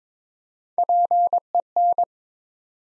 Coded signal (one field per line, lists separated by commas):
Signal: Morse code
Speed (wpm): 22 wpm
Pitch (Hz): 700 Hz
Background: none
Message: PEN